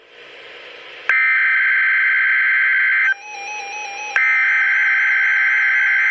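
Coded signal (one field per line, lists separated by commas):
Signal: Emergency Alert System (SAME) tones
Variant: header bursts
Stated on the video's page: Required Weekly Test from a weather radio transmitter in Milwaukee.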